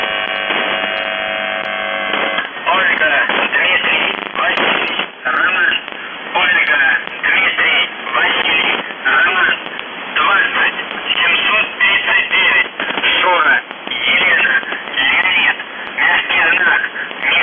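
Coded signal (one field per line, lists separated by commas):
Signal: numbers station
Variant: UVB-76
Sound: brief steady buzz tone, then a voice speaking over noisy shortwave radio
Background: radio static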